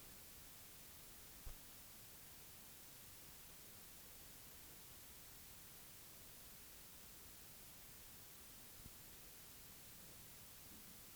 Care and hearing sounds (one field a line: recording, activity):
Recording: daily activity, guitar pickup as the sensor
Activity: use microwave